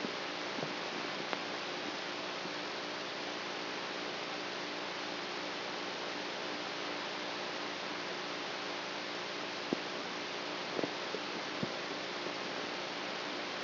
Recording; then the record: brain microelectrode recording played as sound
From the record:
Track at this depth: outside the subthalamic nucleus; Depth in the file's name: -0.51 mm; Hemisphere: right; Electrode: 3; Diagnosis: Parkinson's disease